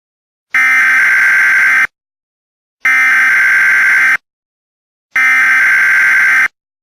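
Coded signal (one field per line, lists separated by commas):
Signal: Emergency Alert System (SAME) tones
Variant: header bursts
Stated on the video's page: Fictional EAS scenario made for entertainment, not a real alert.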